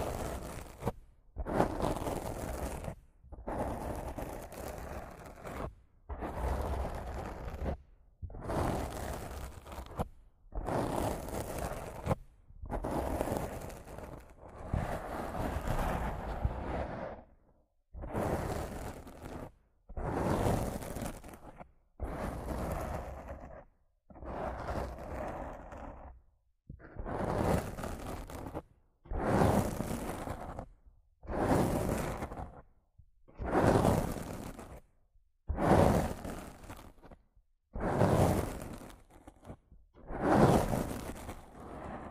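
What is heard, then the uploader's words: Rough scratching and brushing against a microphone, in a steady run of separate strokes about every one to two seconds, each a full, hissy scrape with some low rumble. Short silent gaps separate the strokes, which keep an even, unhurried rhythm throughout. Rough Mic Scratching & Brushing (No Talking).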